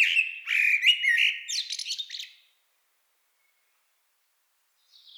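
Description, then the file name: Common blackbird song: a mellow fluted warble ending in squeaky high twitters, then silence and a faint thin note at the end. "Turdus merula"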